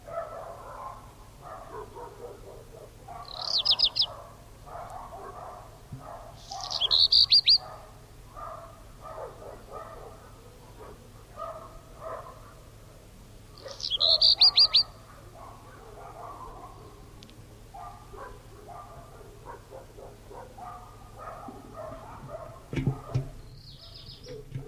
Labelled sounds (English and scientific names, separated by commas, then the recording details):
Black Redstart (Phoenicurus ochruros) song
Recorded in the wild
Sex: male
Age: adult
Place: Feldberg - Koldenhof, Mecklenburgische Seenplatte, Mecklenburg, DE
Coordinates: 53.3325, 13.3436
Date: 1976-06-14 20:20
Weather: ca. 16 °C
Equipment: Uher CR 210, Sennheiser MD 421 HL, Verstärker, Reflektor, Kopie Uher 4200
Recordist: Tembrock, Günter